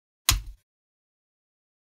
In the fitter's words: next with the supplied allen key I tightened the size box until there was this loud pop so